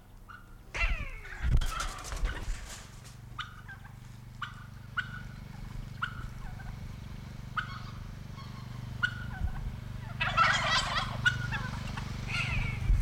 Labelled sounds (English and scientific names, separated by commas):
Long-legged Buzzard (Buteo rufinus)